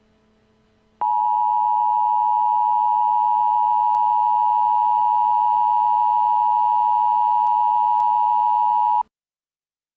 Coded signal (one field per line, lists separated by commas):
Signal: Emergency Alert System (SAME) tones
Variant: 853 and 960 Hz attention tone